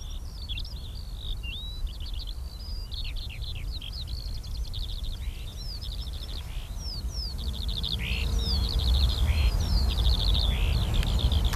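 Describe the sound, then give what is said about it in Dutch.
A skylark sings a continuous, high-pitched stream of rapid chirps and trills, fairly loud and unbroken, over a steady low rumble of wind or background noise across a meadow. “Dat is het ultieme veldlevering gevoel.”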